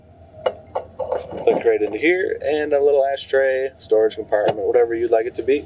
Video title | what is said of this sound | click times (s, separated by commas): 1986 Ford F150 BULLNOSE 4x4 | our cigarette lighter click | 0.5 s